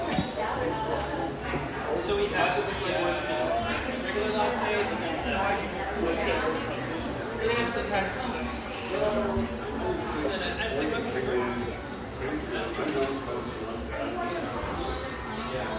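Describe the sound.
A café full of overlapping chatter, many voices talking at once in a steady, dense murmur. Occasional clinks and brief bright clatters cut through, around two, ten and thirteen seconds, over a low constant hum.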